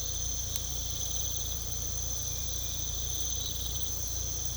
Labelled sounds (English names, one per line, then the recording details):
none
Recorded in pastures near Puerto Asís, Putumayo, Colombia, on 18 December 2024 at 02:30
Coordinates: 0.486, -76.323
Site GP01